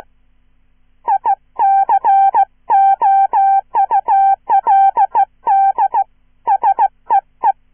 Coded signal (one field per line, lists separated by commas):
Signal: Morse code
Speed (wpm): 16 wpm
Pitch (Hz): 790 Hz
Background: none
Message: I COULD SEE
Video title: QGV - a horror shortstory in Morse code, part 2 "Listen & Copy"